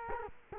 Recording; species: mosquito wingbeat signal from an infrared sensor; Culex quinquefasciatus